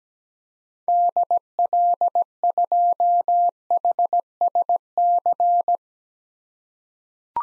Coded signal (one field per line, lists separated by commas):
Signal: Morse code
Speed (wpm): 17 wpm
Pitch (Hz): 700 Hz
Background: none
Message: DL2HSC